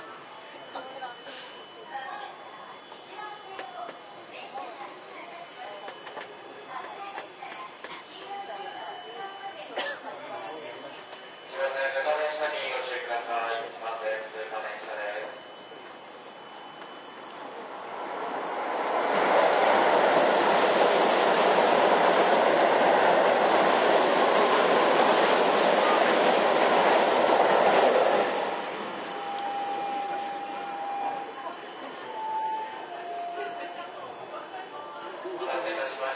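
Onboard a Toei 10-300 series train, a steady low rumble runs under scattered voices and short clattering sounds. From about 18 to 28 seconds the noise swells into a loud, dense roar, then drops back. A brief tone sounds near 30–33 seconds.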